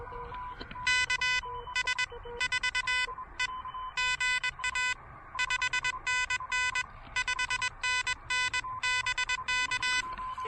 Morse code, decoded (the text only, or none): KS4E GA 5NN 5NN BK